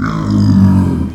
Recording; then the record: squeal of a Yucatan mini pig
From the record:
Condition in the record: after surgery on the right vocal fold (resection and tissue-engineered implant); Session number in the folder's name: 13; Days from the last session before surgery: 113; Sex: female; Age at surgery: 19 weeks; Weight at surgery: 25 kg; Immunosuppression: prednisolone